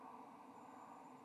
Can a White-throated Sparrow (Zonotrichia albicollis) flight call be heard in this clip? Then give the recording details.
no. No flight call is heard. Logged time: 01:32 on 7 November 2014